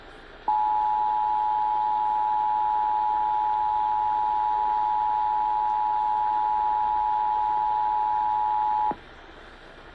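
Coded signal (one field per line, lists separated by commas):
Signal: Emergency Alert System (SAME) tones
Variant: 853 and 960 Hz attention tone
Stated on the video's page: Required monthly test on AM, FM and TV stations.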